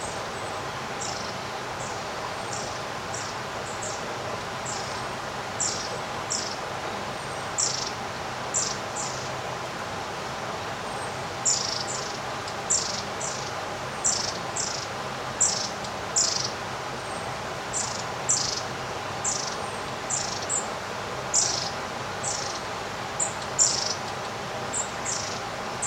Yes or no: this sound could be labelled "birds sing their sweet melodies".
yes